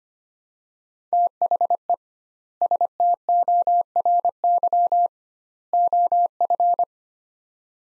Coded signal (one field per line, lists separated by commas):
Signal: Morse code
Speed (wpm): 25 wpm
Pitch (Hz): 700 Hz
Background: none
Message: THE STORY OF